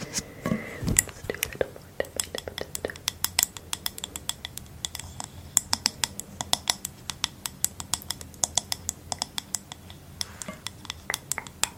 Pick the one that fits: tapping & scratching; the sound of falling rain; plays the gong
tapping & scratching